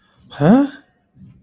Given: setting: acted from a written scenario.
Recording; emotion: vocal sound without words; confusion